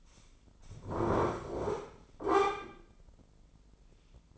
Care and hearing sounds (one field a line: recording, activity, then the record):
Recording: daily activity, microphone in the room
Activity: sit down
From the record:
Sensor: 5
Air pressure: 996.1 hPa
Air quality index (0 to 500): 245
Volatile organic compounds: 471 ppm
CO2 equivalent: 4780 ppm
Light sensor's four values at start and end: 162/388/164/179 and 162/388/164/179